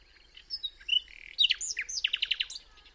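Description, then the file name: Common nightingale song: soft whistles lead into clear slurred notes and a quick series of loud repeated notes. "Luscinia megarhynchos"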